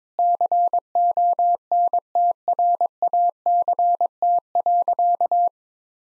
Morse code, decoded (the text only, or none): CONTRACT.